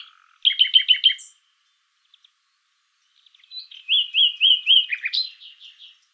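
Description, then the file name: Common nightingale song: a quick series of repeated chirped notes, silence, then a run of repeated whistled notes ending in a sharper flourish. "Luscinia megarhynchos"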